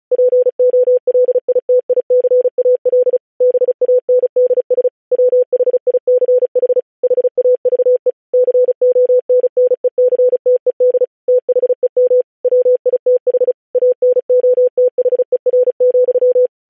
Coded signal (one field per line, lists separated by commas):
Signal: Morse code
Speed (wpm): 36 wpm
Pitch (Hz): 500 Hz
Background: none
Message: POLITICAL BANDS WHICH HAVE CONNECTED THEM WITH ANOTHER,